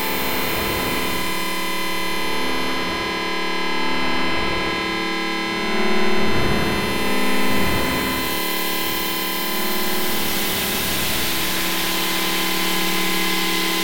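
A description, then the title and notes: A sine feedback oscillator run through a Moog-style filter and reverb drones steadily in stacked tones, with sweeping swells around six and eight seconds. Experimenting with Harry Partch's Otonality in Supercollider using only sine feedback oscillator processed with Moog filter emulator + reverb.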